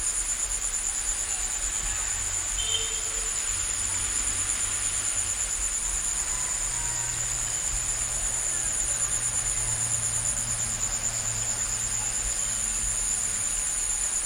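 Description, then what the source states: Crickets keep up a steady, shrill, high trilling chorus throughout, with a few faint short chirps and a low hum underneath. Crickets recorded in a village on Bali.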